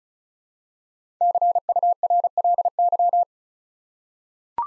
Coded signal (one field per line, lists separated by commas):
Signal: Morse code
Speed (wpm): 36 wpm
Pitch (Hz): 700 Hz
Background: none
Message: CURLY